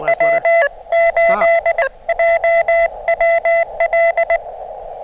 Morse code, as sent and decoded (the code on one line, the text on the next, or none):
.-- ---.. .--- .-- .-..
W8JWL